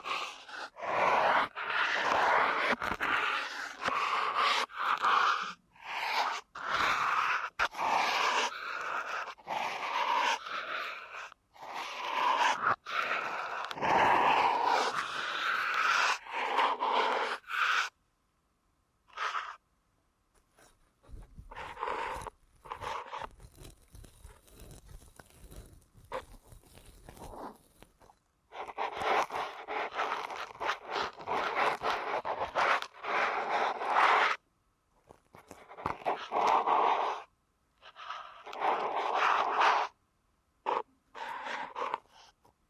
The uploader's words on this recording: ASMR Deep Ear Canal Massage for Sleep (No Talking).